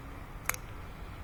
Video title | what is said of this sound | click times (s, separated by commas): how to service rear brakes Cadillac ats 2011 | just make sure they're seated until you hear them click | 0.5 s